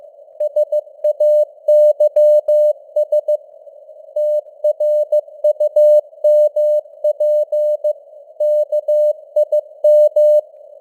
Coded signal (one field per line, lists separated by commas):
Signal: Morse code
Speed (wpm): 15 wpm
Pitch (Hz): 600 Hz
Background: none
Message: SAYS TRUMP KIM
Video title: Morse Code News | 2025-10-27 | 15wpm